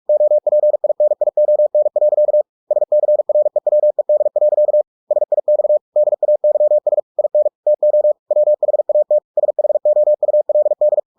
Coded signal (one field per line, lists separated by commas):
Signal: Morse code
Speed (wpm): 46 wpm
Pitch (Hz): 600 Hz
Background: none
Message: OPINION. SCREWED. SIX DAYS IN TO WHAT SHOULD